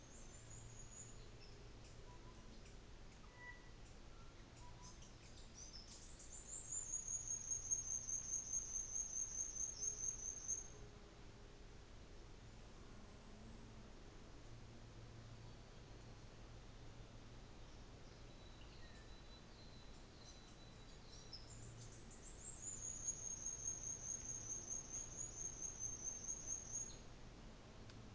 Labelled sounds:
New Zealand Fantail

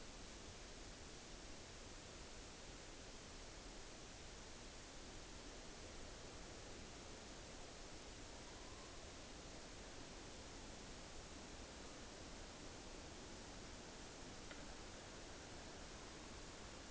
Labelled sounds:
Morepork trill

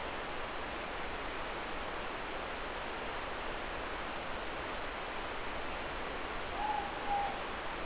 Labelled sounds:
Morepork more-pork call

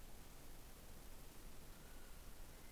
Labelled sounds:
North Island Brown Kiwi male call

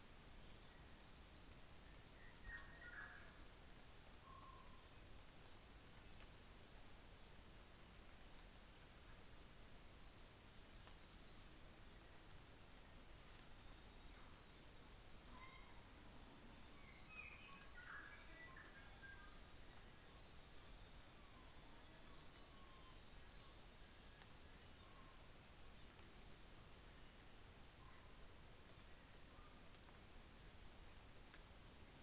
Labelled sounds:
New Zealand Fantail

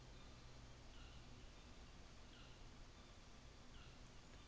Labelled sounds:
North Island Saddleback

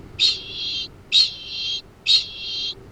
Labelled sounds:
Kākāpō ching call

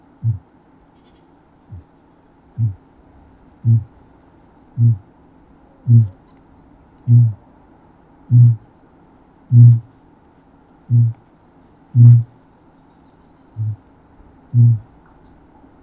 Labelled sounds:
Kākāpō boom

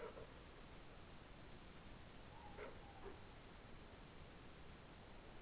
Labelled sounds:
Morepork more-pork call

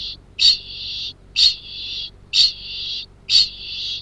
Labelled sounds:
Kākāpō ching call

